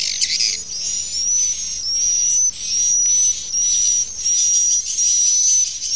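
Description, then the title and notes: Swiftlet chirping calls, high twittering bursts with a thin steady whistle running through, pulsing in blocks about once a second. Used in swiftlet farming in Asia. "Swiflet Bird Sound. Farming Swiflet Bird asia sound"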